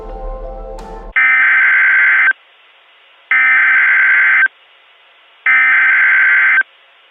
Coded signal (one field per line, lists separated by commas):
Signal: Emergency Alert System (SAME) tones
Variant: header bursts